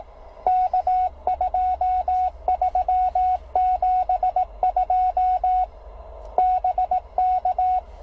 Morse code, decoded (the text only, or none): K2372 BK